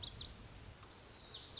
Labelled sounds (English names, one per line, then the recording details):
Lazuli Bunting
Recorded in Sonoma County, California